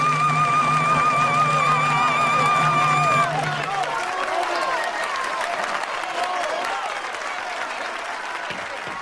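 A long sustained trumpet note, ending a duel between a trumpeter and a young castrato singer, fades out after about three seconds, while dense, steady applause and laughter from a large crowd swells and carries on loudly to the end.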